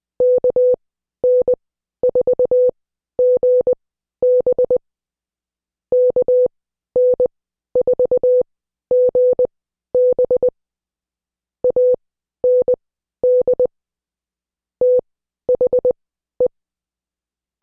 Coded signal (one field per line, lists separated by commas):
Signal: Morse code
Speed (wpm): 20 wpm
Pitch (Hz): 500 Hz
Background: none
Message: KN4GB KN4GB AND THE